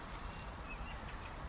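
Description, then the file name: Common blackbird giving a single thin, very high, level whistle of about half a second over background hiss. "Turdus merula"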